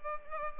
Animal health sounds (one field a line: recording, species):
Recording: mosquito wingbeat signal from an infrared sensor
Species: Culex pipiens